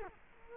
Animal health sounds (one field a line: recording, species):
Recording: mosquito wingbeat signal from an infrared sensor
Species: Culex quinquefasciatus